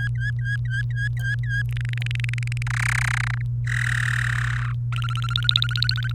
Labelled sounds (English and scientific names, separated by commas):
Domestic Canary (Serinus canaria) song